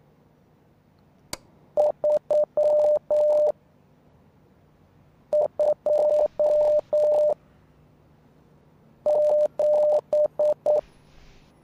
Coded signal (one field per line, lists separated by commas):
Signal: Morse code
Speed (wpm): 9 wpm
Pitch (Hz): 600 Hz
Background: radio noise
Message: 3 2 7